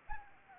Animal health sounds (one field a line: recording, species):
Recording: mosquito wingbeat signal from an infrared sensor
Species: Anopheles arabiensis